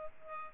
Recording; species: mosquito wingbeat signal from an infrared sensor; Culex pipiens